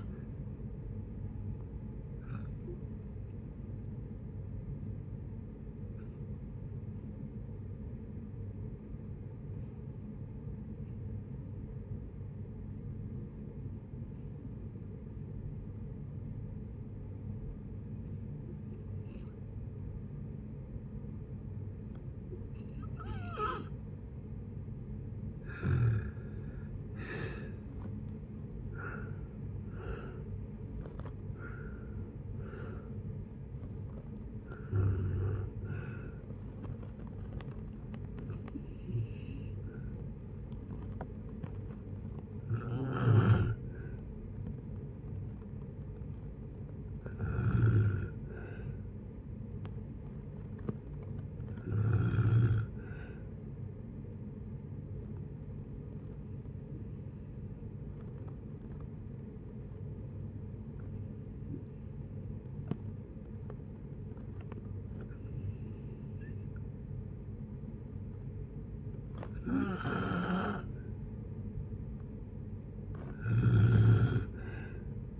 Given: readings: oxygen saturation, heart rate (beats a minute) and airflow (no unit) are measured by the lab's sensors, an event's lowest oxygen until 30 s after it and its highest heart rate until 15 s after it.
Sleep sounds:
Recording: breathing in sleep by a smartphone at the bedside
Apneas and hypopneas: 2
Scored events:
3.00-25.00 s: hypopnea (N2, oxygen 95% highest, then 85% lowest, heart rate 68 at the start, 79 highest)
18.00-48.00 s: new sleep stage, N1 (lightest sleep)
48.00-75.20 s: new sleep stage, N2 (light sleep)
53.00-70.30 s: hypopnea (N2, oxygen 97% highest, then 93% lowest, heart rate 66 at the start, 68 highest)
From the record:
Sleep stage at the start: N2 (light sleep)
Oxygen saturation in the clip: 85 to 97%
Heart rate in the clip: 60 to 79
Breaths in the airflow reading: 19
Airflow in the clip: -9.8 to 10.9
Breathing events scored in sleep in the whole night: 496 in 5.4 hours asleep

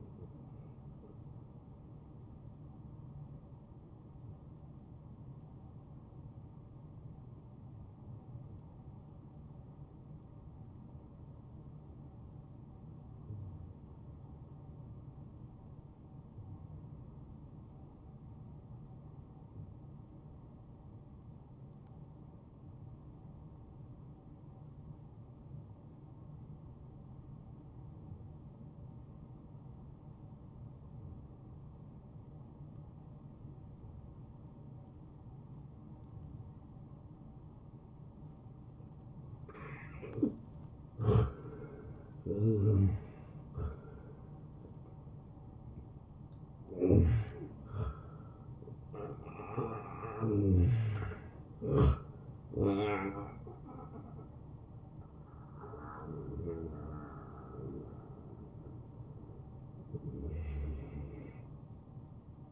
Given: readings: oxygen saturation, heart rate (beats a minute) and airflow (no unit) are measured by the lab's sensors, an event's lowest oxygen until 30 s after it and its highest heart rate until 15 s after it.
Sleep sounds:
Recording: breathing in sleep by a smartphone at the bedside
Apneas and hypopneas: 1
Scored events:
3.00-40.10 s: hypopnea (N1, oxygen 94% highest, then 84% lowest)
From the record:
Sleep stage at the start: N1 (lightest sleep)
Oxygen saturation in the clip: 81 to 94%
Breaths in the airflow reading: 7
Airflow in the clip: -24.5 to 11.4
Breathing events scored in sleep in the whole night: 263 in 5.5 hours asleep

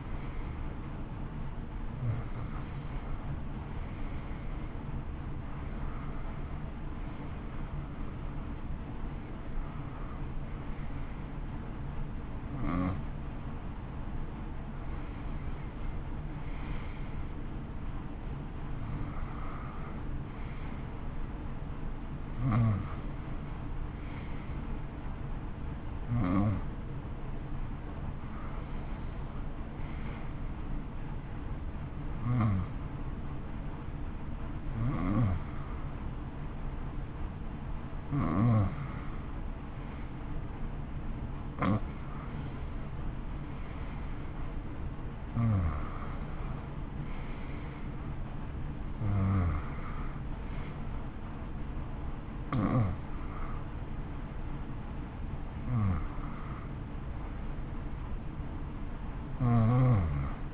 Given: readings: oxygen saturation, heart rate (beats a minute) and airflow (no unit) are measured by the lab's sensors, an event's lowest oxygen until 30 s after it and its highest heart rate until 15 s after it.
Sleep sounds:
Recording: breathing in sleep by a smartphone at the bedside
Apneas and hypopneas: 1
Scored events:
0.00-3.00 s: awake
2.00-60.53 s: new sleep stage, N1 (lightest sleep)
30.00-44.20 s: hypopnea (N1, oxygen 91% highest, then 88% lowest, heart rate 59 at the start, 62 highest)
From the record:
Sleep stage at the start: awake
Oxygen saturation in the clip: 88 to 91%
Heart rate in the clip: 59 to 63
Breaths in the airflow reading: 17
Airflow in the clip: -7.5 to 9.4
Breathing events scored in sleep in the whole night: 328 in 6.3 hours asleep

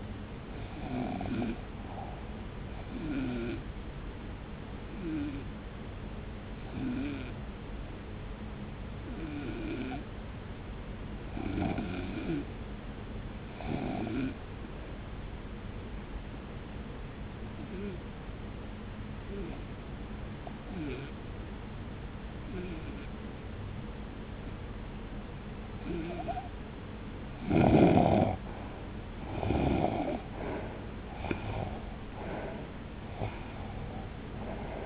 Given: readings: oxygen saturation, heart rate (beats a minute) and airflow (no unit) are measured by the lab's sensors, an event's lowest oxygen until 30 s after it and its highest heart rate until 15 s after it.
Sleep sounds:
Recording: breathing in sleep by a voice recorder at the bedside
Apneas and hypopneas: 1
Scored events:
6.00-29.80 s: hypopnea (REM, oxygen 92% highest, then 76% lowest)
From the record:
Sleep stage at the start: REM sleep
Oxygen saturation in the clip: 81 to 92%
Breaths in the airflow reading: 14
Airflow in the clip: -1.0 to 1.6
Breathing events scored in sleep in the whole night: 335 in 6.7 hours asleep

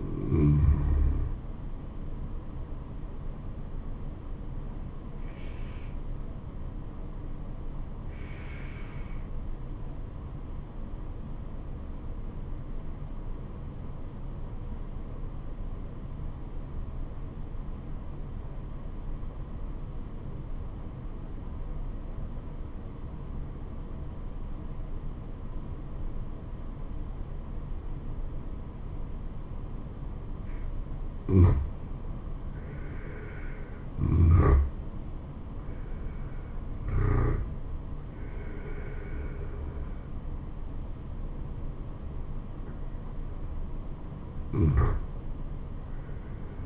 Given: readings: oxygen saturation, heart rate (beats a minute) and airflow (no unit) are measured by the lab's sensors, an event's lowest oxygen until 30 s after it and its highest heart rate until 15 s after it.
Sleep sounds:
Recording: breathing in sleep by a smartphone at the bedside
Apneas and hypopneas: 1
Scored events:
7.00-32.80 s: obstructive apnea (N2, oxygen 97% highest, then 88% lowest, heart rate 71 at the start, 77 highest)
From the record:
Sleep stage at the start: N2 (light sleep)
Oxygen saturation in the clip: 87 to 97%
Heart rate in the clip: 68 to 77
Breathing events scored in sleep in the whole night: 426 in 7.4 hours asleep

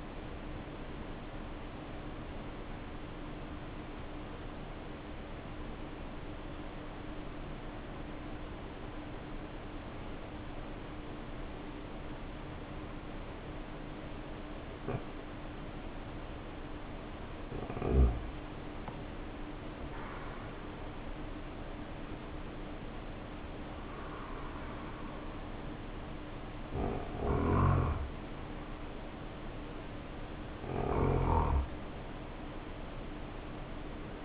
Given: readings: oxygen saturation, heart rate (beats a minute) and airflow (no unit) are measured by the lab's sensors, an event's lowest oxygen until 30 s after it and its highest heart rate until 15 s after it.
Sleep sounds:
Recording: breathing in sleep by a voice recorder at the bedside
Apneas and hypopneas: 1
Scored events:
6.00-18.00 s: obstructive apnea (REM, oxygen 72% highest, then 69% lowest, heart rate 55 at the start, 75 highest)
From the record:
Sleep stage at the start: REM sleep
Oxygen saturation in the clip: 69 to 91%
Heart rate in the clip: 54 to 76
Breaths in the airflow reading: 3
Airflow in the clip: -4.8 to 9.5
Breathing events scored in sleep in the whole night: 520 in 7.2 hours asleep

